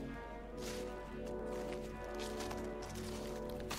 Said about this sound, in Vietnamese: Vừa đi được một đoạn, tôi nghe tiếng bước chân của ai đó ở đằng sau, cứ sột soạt đi trên nền đất.